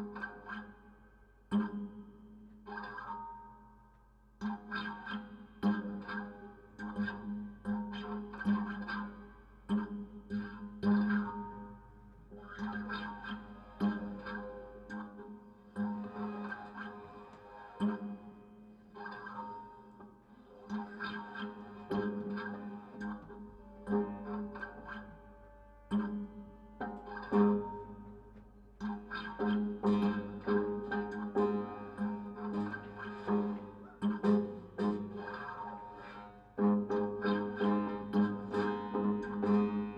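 Invented instruments made from repurposed everyday objects and natural materials ring out in uneven bursts of tones, getting denser and busier after thirty seconds.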